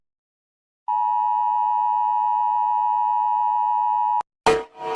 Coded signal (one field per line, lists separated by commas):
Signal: Emergency Alert System (SAME) tones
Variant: 853 and 960 Hz attention tone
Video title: PowerPlay rates EAS alarms from around the world (again)